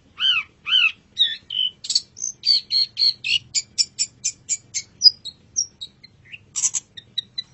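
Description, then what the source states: Long-tailed shrike song, beginning with two arched whistles, then fast buzzy chatter and scattered high whistled notes. Masteran (tutor) song recording of the long-tailed shrike, known locally as cendet.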